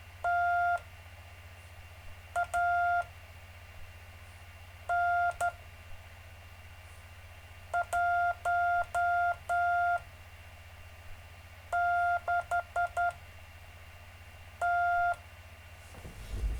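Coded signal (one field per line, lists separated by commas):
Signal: Morse code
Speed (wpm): 12 wpm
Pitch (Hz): 700 Hz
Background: none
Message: TAN16T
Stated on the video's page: Live stream of gentle Morse code practice.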